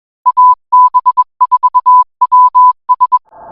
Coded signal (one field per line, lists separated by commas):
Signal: Morse code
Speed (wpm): 21 wpm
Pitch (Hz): 1000 Hz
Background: music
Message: AB4WS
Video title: AB4WS RADIO SHOW 2026 02 13